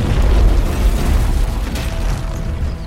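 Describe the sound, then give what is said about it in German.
Explosions of anchored ships with filled powder chambers, as fire spreads between them, rumble in a continuous, heavy roar dominated by deep low booms, staying loud throughout with a slight easing toward the end and no voices. “Es kommt zu weiteren Explosionen.”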